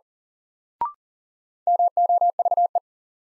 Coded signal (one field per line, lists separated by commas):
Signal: Morse code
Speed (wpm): 37 wpm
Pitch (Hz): 700 Hz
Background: none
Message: MOVE